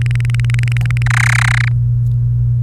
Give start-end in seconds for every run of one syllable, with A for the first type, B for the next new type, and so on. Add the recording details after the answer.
0.01-1.02 A, 1.06-1.68 B. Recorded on 29 April 2018 at 08:53. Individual llb3